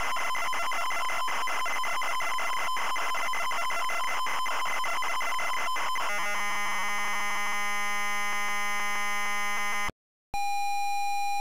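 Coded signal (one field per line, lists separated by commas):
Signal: ZX Spectrum tape loading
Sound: harsh buzzing data screech, then steady droning tones, brief silence, then a steady pilot tone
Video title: ZX SPECTRUM Loading Cosmic Cruiser 1984 Imagine Software Ltd.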